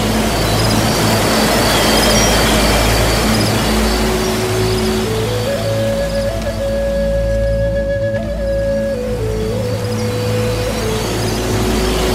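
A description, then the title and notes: A wooden flute enters around four seconds with slow, long held notes that climb in small steps, hold, then ease back down near the end. Beneath it, rushing water hisses steadily and densely, over a constant low rumble. Native American Flutes and Nature Sounds. Native American Flutes and the soothing sounds of nature, including Soft Water Streams and Waterfall rising and falling sounds.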